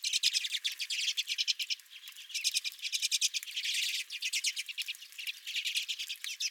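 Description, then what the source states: Redpolls chattering as a flock, rapid dry notes overlapping in dense bursts with a brief lull around two seconds in. Several redpolls at the recordist's own feeder.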